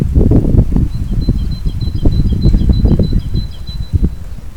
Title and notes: Grabación del canto de un pájaro durante el eclipse del 20 de marzo de 2015